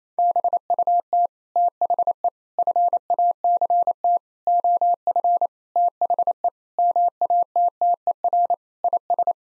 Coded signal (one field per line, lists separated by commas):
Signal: Morse code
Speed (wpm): 27 wpm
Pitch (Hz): 700 Hz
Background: none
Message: BUT THE FACT OF THE MATTER IS